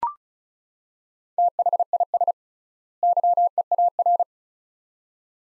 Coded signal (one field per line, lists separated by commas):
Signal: Morse code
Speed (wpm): 34 wpm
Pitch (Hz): 700 Hz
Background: none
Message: THIS YEAR